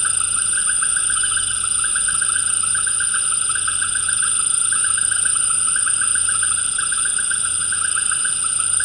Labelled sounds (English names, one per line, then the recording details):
none
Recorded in pastures near Puerto Asís, Putumayo, Colombia, on 19 March 2025 at 18:30
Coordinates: 0.472, -76.329
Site G074